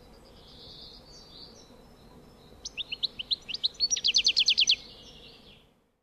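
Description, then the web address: European goldfinch song: a soft high twitter at first, then a burst of quick tinkling notes that speeds into a dense, liquid trill before stopping. "Щегол"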